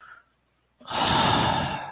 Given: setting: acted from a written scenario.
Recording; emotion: vocal sound without words; disappointment